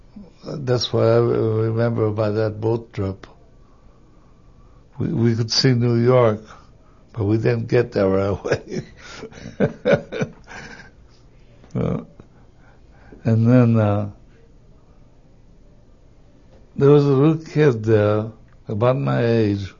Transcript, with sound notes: That's what I remember by that boat trip. We could see New York, but we didn't get there right away. (he laughs) And then, uh, there was a little kid there about my age.